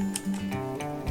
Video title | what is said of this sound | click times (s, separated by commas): SG906 MAX (BEAST 3): Drone Flagship Awal Tahun 2021Dengan Laser Penghindar Rintangan! | tekan sampai bunyi klik. Oke, ini sudah terpasang. | 0.2 s